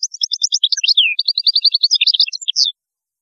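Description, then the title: European goldfinch singing a quick, steady stream of high tinkling notes with a downslurred note, lasting under three seconds. "Chant Chardonneret"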